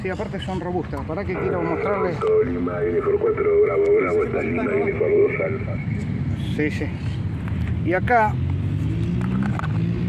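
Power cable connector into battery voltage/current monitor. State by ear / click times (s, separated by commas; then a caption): seated / 9.6 s. A power cable connector is pushed into the battery voltage/current monitor on a field-day kit while someone talks over a steady low background rumble. A few short, sharp clicks come near the end, and the connector locks into place at 9.6 s.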